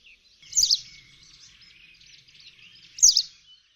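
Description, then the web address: White wagtail song: a bright, high, slurred chirp burst, then a run of quiet twittering and a second loud chirp near the end. "kurspttk Kurs materiały Przyroda Ptaki Pliszka siwa"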